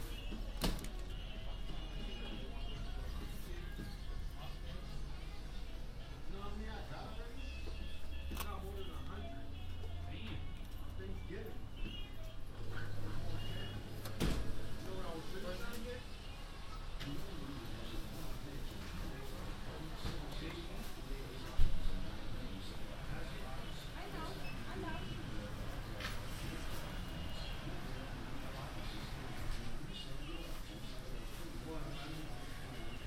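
A binaural field recording on the MTA, with a steady low rumble of the moving train under scattered voices of people talking. Sharp clicks and knocks come through now and then, and a louder clunk sounds near the 22-second mark.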